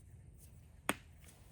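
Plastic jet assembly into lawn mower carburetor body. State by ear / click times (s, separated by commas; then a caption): seated / 0.9 s. A white plastic jet assembly with its O-ring is pressed back into its pocket in the plastic carburetor of a Craftsman M110 lawn mower. One sharp snap at 0.9 s shows it has seated in place, with a fainter tap near the end of the clip.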